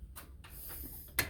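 A storm door latch, loosened and oiled with silicone after it had been sticking so the door would close but not engage, is closed into its strike. After a soft tap near 0.2 s and a longer faint rustle from about 0.4 s, the latch catches with a sharp, bright click at 1.2 s, confirming it now engages properly.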